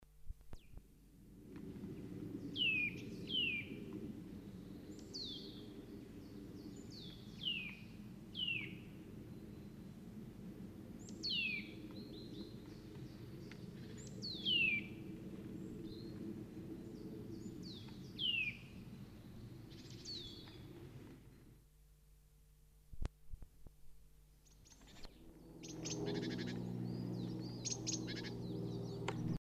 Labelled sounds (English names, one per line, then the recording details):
Eurasian Nuthatch call
Common Chiffchaff
Coal Tit
Great Tit
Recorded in the wild
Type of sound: call
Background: Phylloscopus collybita, , Periparus ater, Parus major
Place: Kaiserslautern, Rheinland-Pfalz, DE
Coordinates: 49.4065, 7.8055
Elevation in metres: 400
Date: 1977-03-01
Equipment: Nagra IV, Sennheiser MKH 405, Parabolreflektor
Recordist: Tretzel, Erwin
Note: Auf der Wolfskaut, Kaiserslautern: Ruf "djüh"